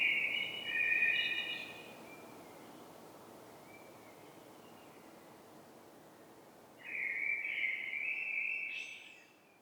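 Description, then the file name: Common blackbird singing two warbled fluted phrases, the second ending in a thin, high squeaky flourish, with a quiet gap between. "Turdus merula"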